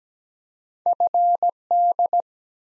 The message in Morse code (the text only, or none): FD